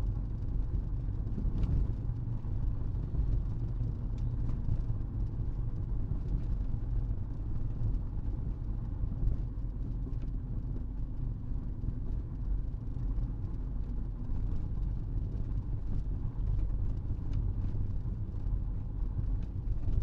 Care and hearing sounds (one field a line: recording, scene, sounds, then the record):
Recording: everyday scene through a hearing-aid microphone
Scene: in a vehicle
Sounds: engine, rumble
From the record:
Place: Berlingo II, diesel engine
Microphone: in the ear canal, right